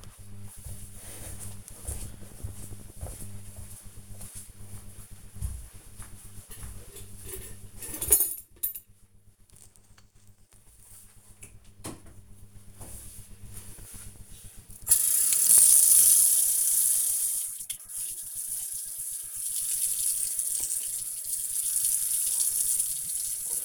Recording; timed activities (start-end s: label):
household activities, microphone on the right wrist
8.68-23.65 s: washing dishes